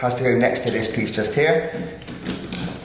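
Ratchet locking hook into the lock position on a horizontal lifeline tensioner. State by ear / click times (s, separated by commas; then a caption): seated / 2.3 s, 2.5 s. During a pre-use inspection of a temporary horizontal lifeline, the metal locking hook of the ratchet tensioner is moved next to its catch piece while someone talks. Two short mechanical clicks sound at 2.3 s and 2.55 s as the hook locks into the lock position, leaving it seated in a solid position.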